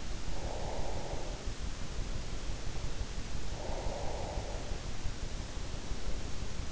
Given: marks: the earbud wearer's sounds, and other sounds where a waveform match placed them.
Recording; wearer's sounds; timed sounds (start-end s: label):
sounds in sleep by an in-ear microphone; breath
0.00-1.55 s: breath
3.42-4.91 s: breath